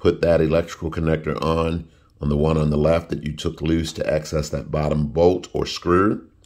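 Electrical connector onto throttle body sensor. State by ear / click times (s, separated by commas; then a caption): not seated / none. On a Chevy Silverado 1500 Classic during IAC valve removal, someone talks while handling the plastic electrical connector that goes back onto the left-hand throttle body sensor, which was unplugged to reach the bottom bolt or screw. The clip ends before the connector goes home, so nothing has seated or clicked yet.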